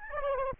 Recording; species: mosquito wingbeat signal from an infrared sensor; Aedes albopictus